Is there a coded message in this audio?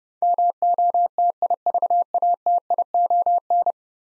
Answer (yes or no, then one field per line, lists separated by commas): yes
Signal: Morse code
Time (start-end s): 0.2-3.7 s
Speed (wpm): 31 wpm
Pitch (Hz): 700 Hz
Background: none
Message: MOTIVATION